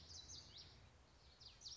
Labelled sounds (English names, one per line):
Common Yellowthroat